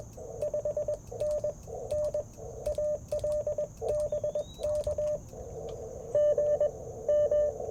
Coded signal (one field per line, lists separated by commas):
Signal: Morse code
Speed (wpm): 20 wpm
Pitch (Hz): 600 Hz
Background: radio noise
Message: 5N N ALBK G M